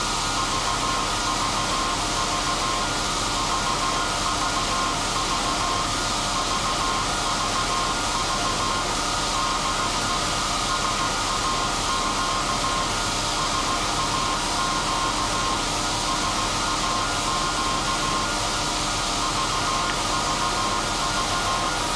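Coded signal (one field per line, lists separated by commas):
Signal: Morse code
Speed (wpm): 16 wpm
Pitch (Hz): 1060 Hz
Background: none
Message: VVV VVV VVV DE SAQ SAQ SAQ VVV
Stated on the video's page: SAQ Grimeton Alexanderson alternator, electro-mechanical 200 kW transmitter on 17200 Hz, from a 1.6 m disc with 488 cut-outs spinning at 2115 rpm.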